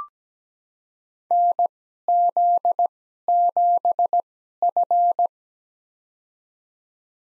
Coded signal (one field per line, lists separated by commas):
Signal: Morse code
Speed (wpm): 17 wpm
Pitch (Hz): 700 Hz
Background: none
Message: NZ7F